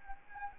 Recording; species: mosquito wingbeat signal from an infrared sensor; Anopheles arabiensis